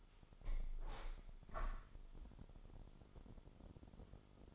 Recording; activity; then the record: daily activity, microphone in the room; open window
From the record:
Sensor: 5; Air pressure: 995.8 hPa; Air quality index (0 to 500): 106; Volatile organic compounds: 8 ppm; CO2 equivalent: 2054 ppm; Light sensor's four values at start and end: 40/97/39/41 and 40/97/40/41